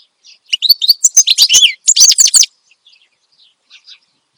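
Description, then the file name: Finch song: a quick burst of bright twittering notes lasting about two seconds, then faint scattered chirps. Energetic ('gacor') song used as a master recording for tutoring songbirds. "Suara Kicauan Burung Finch Gacor Dor Cocok Untuk Masteran"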